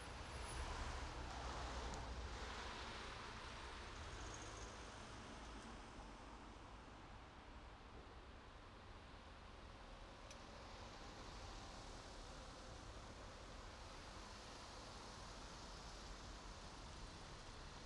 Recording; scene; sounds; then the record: everyday scene through a hearing-aid microphone; in traffic; traffic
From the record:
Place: main road on the outskirts, rush hour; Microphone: in the ear canal, right